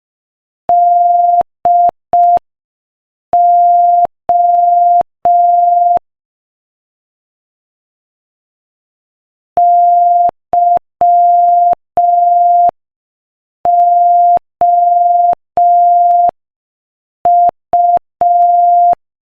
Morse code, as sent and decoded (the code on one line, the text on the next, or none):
-.. --- / -.-- --- ..-
DO YOU